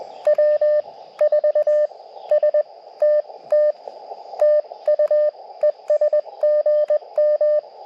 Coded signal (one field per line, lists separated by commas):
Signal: Morse code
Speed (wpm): 20 wpm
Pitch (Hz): 590 Hz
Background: radio noise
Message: W4STT TU ES GM